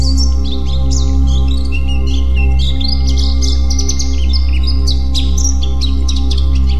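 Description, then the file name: White-eye song, a dense, rapid jumble of high twittering chirps and short slurred notes, over a steady low electrical hum. "pleci"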